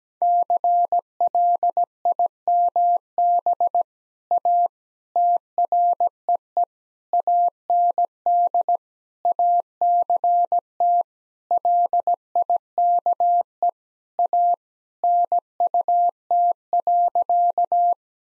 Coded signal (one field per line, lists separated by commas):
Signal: Morse code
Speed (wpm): 17 wpm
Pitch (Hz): 700 Hz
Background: none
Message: CLIMB A TREE AND ACT LIKE A NUT.